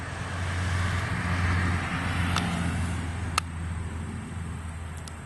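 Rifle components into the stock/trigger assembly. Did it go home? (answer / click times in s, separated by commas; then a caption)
yes / 3.4 s. During a Ruger 10/22 rifle rebuild with an Adaptive Tactical aftermarket stock and a BX trigger, components are pressed into the stock and trigger assembly against a steady low rumble. Fainter ticks come at 2.4 s and 5.1 s, and the loudest sharp click at 3.4 s marks the parts seating into place.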